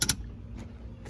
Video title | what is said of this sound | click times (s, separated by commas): HOW TO!! 03-06 Silverado dash replacement!!! Interior swap! (Part 2) | But you just want to do even pressure, and then you'll hear it click. | 0.0 s, 0.1 s